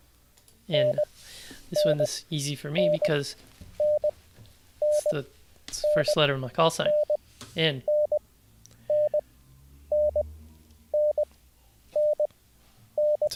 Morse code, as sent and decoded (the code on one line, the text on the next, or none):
-. -. -. -. -. -.. -. -. -. -. -. -. -.
NNNNNDNNNNNNN